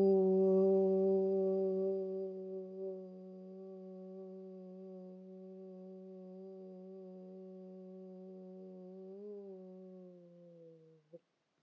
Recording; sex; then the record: sustained vowel /u/; female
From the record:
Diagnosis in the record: healthy control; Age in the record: 63 years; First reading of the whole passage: 70 s, 6.7 characters per second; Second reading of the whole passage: 71 s, 6.6 characters per second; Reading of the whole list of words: 45 s, 6.3 characters per second